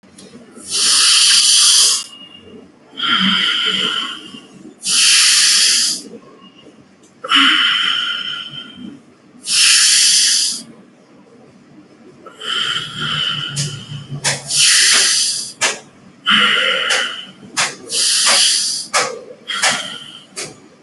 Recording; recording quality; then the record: deep breathing; excellent, no background noise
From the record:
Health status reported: healthy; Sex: male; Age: 31 years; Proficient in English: yes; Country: India